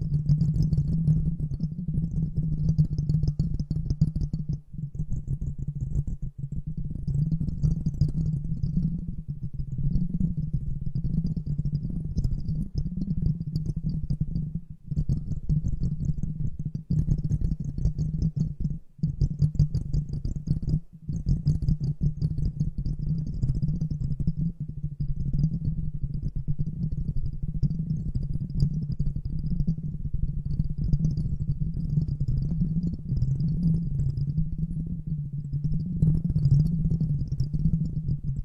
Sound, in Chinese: 气泡